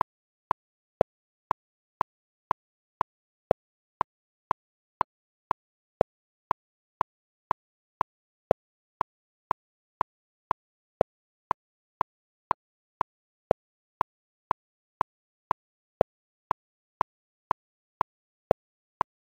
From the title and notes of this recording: A metronome set at 120 BPM in a 5/4 Time Signature. Metronome: 120 BPM in 5/4 Time Signature.